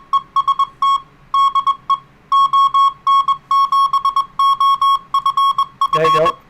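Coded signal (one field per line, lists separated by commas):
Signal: Morse code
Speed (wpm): 21 wpm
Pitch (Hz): 1100 Hz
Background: speech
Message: EST DE ON7OFF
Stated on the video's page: Live-streamed 80 meter DX Morse reception.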